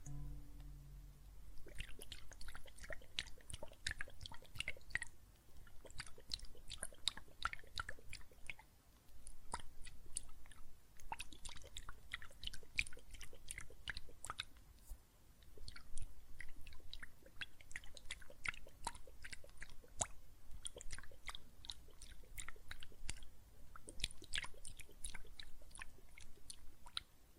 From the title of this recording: Water and Soap Foam Sounds